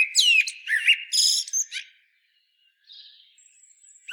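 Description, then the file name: Common blackbird song fragment: a short fluted whistle and squeaky high twitters, then quiet with faint thin high notes. "Turdus merula"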